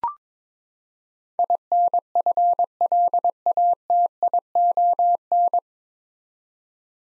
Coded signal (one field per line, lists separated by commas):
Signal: Morse code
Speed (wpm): 22 wpm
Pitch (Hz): 700 Hz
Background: none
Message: INFLATION